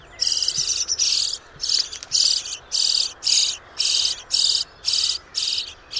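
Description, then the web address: Common starling producing a steady run of scratchy, noisy rasps, each about half a second long and repeated in a fairly even rhythm, against soft background noise. "Deverinetal 2025. Bird Only"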